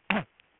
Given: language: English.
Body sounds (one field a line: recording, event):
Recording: throat vibration sensor signal played as sound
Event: throat clearing